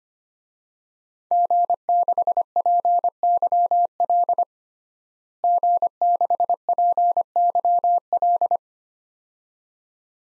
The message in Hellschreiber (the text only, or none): none